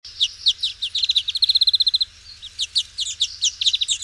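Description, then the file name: European greenfinch calls: bright chirping notes, then a rapid even trill of twittering notes, followed by more varied chirps. "Chloris chloris"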